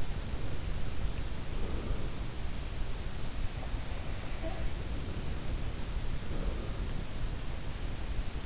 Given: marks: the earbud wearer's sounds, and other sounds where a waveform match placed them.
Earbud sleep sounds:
sounds in sleep by an in-ear microphone; breath
0.00-2.32 s: breath
3.30-7.40 s: sound from someone else or the room
3.86-7.40 s: breath

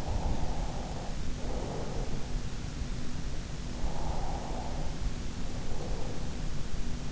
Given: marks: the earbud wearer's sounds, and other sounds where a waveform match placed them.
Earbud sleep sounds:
sounds in sleep by an in-ear microphone; breath
0.00-2.18 s: breath
3.82-6.41 s: breath

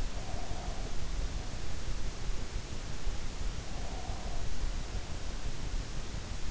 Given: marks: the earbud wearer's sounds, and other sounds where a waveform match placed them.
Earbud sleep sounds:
sounds in sleep by an in-ear microphone; breath
0.00-1.69 s: breath
3.67-4.80 s: breath

